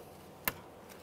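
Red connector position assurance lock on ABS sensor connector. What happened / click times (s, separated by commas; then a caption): Connector locking tab snapped into place / 0.5 s. The red plastic secondary locking tab on a front ABS wheel speed sensor connector of a 2013-2020 Ford Fusion is pushed in with a small screwdriver. A single sharp click sounds at 0.5 s over a low, quiet background. The connector position assurance lock snaps into place and is seated.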